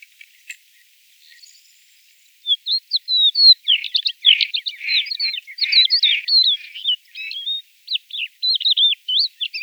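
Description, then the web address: Crested lark calling in a quick run of bright whistled notes mixed with buzzy, scratchy syllables, starting after a brief quiet moment. "galerida cristata call"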